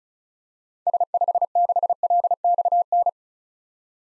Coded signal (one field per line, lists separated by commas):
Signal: Morse code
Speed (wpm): 36 wpm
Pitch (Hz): 700 Hz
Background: none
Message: S56LXN